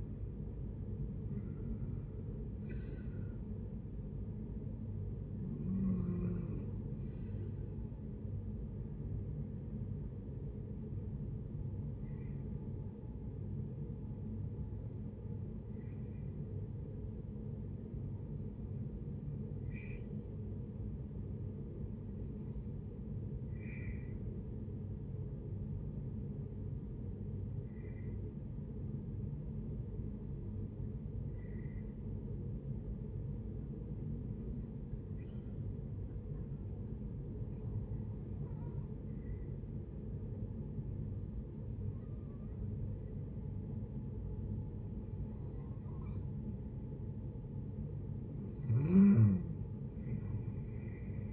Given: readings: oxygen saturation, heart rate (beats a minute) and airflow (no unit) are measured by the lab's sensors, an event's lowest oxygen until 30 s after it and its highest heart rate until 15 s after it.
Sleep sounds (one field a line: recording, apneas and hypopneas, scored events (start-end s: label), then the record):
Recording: breathing in sleep by a smartphone at the bedside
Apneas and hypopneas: 1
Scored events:
21.00-46.80 s: hypopnea (REM, oxygen 95% highest, then 89% lowest, heart rate 74 at the start, 77 highest)
From the record:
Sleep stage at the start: REM sleep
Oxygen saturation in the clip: 66 to 95%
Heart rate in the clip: 70 to 86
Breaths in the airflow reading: 13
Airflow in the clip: -8.2 to 9.4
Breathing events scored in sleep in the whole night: 496 in 5.4 hours asleep